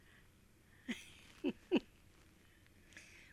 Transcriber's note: laughs